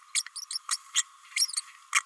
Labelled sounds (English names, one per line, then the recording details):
Green-rumped Parrotlet babbling
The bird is a female
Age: 29 days
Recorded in a nest box in Venezuela
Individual 17B32A5